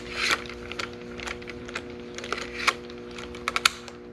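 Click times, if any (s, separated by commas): 3.7 s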